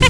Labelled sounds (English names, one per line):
Zebra Finch stack call